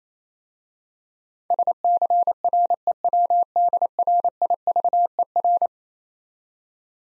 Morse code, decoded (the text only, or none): SCREWDRIVER